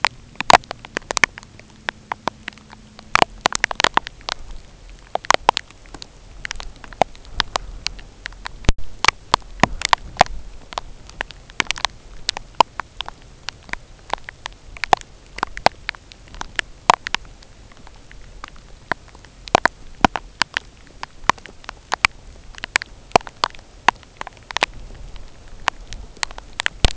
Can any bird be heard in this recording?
no